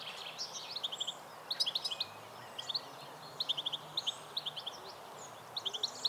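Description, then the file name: European goldfinch calls: short, sharp high-pitched notes in clipped groups of several notes, spaced irregularly, against faint background noise. "Carduelis carduelis"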